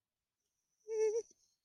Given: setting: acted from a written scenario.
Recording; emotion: vocal sound without words; pain